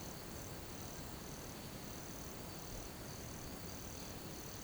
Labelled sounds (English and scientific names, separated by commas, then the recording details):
none
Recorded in pastures near Puerto Asís, Putumayo, Colombia, on 13 March 2025 at 10:30
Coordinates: 0.486, -76.323
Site G075